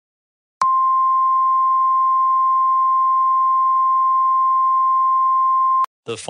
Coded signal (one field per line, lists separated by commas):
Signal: Emergency Alert System (SAME) tones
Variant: 1050 Hz attention tone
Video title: When Hurricanes Collide - EAS Scenario #3